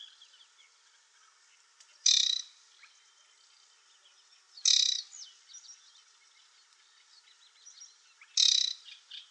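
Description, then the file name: Aquatic warbler song: three harsh buzzy bursts a few seconds apart, separated by soft scratchy twittering. "WODNICZKA"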